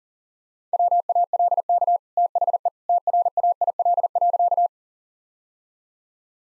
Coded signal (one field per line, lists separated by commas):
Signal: Morse code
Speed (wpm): 37 wpm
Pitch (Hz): 700 Hz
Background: none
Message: WALK THE TRAIL.